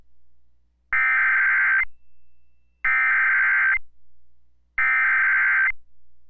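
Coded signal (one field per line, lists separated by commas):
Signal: Emergency Alert System (SAME) tones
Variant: header bursts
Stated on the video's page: Tornado warning received on NOAA Weather Radio, paired with a WeatherSTAR 4000 display.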